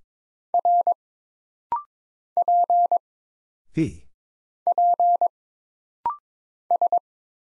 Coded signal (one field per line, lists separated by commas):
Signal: Morse code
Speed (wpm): 22 wpm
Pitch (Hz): 700 Hz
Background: none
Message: R P P S